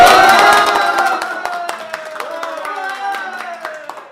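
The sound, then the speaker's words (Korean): A group at a sit-in protest site claps together to open a Mayday special broadcast, a dense burst at first that thins into scattered claps as it fades, with cheering voices mixed in over the applause. “한창 박수로 메이데이 특별판 21.5회쯤 되는 메이데이 특별판 박수로 시작하겠습니다.”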